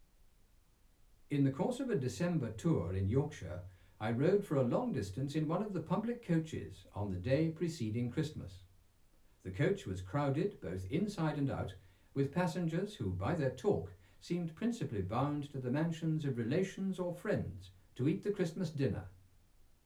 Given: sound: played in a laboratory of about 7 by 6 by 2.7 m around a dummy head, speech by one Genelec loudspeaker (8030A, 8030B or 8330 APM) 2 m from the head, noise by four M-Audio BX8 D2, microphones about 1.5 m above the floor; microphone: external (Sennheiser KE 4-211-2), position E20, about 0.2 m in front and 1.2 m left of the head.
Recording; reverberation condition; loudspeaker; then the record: male speech in English; low; 120 degrees to the right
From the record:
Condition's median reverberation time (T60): about 310 ms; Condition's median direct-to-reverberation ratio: about 3.5 dB